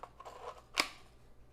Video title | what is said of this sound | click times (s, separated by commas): Dart Zone Pro MK2.1 Dart Blaster First Look - Unboxing and Test | There's kind of a satisfying click when that goes in. | 0.8 s